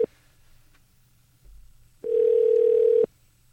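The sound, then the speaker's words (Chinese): An outgoing call's ringback tone from a UFO radio station studio calling a listener's mother: one steady, mid-pitched electronic beep lasting about a second, loud and alone on the line, preceded by a brief blip and faint hum. “然后不晓得待会 call 出去的妈妈是不是也是很辛苦的在电话旁边等待着。”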